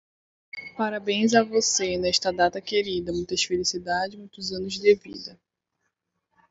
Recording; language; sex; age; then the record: short text; Brazilian Portuguese; female; 20 to 29 years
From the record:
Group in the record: control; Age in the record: 28 years